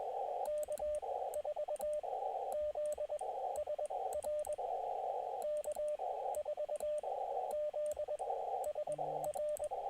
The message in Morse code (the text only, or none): K4ZSR K4ZSR